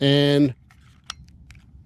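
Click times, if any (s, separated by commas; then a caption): 1.1 s. Someone talks briefly as the plastic-cased flight battery of a JJRC X19 PRO GPS quadcopter, which won't power on until inserted, is lined up and pushed down into the quadcopter's battery bay. A few faint ticks of handling follow, then a sharp latch click at 1.1 s as the battery seats in place.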